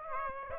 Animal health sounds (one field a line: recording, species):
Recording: mosquito wingbeat signal from an infrared sensor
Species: Aedes aegypti